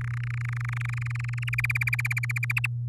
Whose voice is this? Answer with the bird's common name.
Domestic Canary